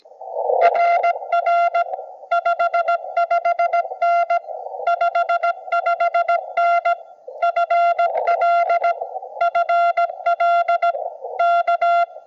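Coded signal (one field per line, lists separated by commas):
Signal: Morse code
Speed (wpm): 16 wpm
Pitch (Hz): 690 Hz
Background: none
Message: RR 55N 55N FL FL K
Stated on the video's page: Park activation Morse on K-7033.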